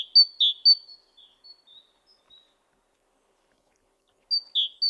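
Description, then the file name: Great tit calls: a quick run of sharp, high notes, then softer trailing notes, a long pause, and the same sharp notes again at the end. "Parus major"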